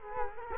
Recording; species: mosquito wingbeat signal from an infrared sensor; Culex quinquefasciatus